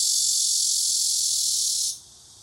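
Cicada droning in a continuous, intense high buzz for two seconds before stopping suddenly, followed by a quieter hiss.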